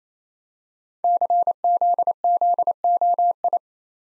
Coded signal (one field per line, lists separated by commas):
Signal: Morse code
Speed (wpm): 29 wpm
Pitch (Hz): 700 Hz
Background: none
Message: CZZOI